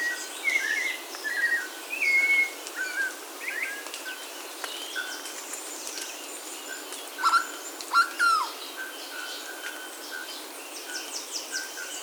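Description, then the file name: Bird calls: a few whistled notes early on, a pause, then two bright slurred notes later, with soft high chirps and constant hiss throughout. "SABIOD 50 bird 2015"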